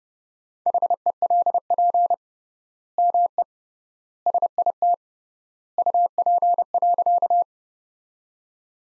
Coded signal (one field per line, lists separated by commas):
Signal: Morse code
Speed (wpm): 32 wpm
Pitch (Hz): 700 Hz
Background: none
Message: HELP ME SIT UP.